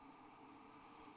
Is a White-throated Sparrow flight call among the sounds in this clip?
no